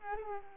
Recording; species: mosquito wingbeat signal from an infrared sensor; Aedes aegypti